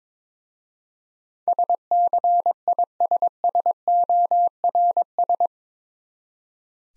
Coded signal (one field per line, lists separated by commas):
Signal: Morse code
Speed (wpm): 22 wpm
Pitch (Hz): 700 Hz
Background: none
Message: SCISSORS